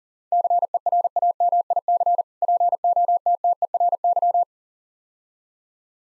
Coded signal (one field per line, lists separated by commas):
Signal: Morse code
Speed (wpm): 40 wpm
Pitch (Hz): 700 Hz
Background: none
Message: CERAMIC POTTERY